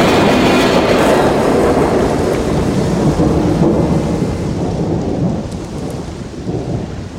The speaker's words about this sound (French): Quelle tempête! Cela fait bien une demi-heure que je suis sur ce balcon, mais ça n'a pas l'air de vouloir s'arrêter.